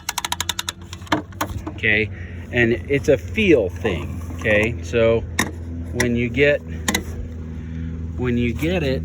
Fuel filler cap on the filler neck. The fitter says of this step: okay, against each other. And if I have a significant click, which you'll hear it in a second,